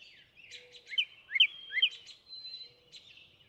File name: Northern Cardinal